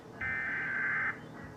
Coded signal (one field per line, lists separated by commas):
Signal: Emergency Alert System (SAME) tones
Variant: header bursts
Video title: DiamondLedgonz EAS VHS Test.